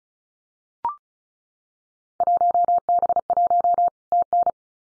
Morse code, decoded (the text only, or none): 1B1 TN